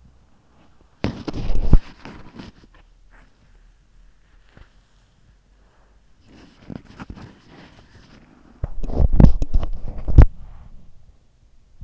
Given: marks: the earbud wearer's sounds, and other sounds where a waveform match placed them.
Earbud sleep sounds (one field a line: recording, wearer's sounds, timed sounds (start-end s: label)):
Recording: sounds in sleep by an in-ear microphone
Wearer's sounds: body movement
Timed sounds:
0.00-11.84 s: body movement